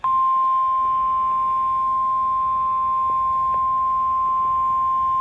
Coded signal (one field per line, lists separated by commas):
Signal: Emergency Alert System (SAME) tones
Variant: 1050 Hz attention tone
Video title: (EAS #381) Severe Thunderstorm Warning for Jo Daviess and Stephenson, Illinois